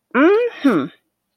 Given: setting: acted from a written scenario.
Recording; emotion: vocal sound without words; pride